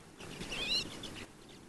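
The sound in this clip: Redpoll: a few thin, high whistled notes over soft background noise.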